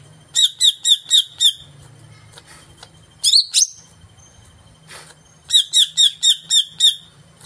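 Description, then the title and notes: Greater green leafbird song: clear, bright chip notes in quick runs of five or six, repeated in two bursts, with one slurred phrase between them and faint low hum beneath. Lure recording of a singing greater green leafbird (cucak ijo), played to prompt a caged bird to sing before being hung up; bird described as singing constantly (gacor). "Pancingan CUCAK IJO Mau Di Gantang. Cucak Ijo Gacor"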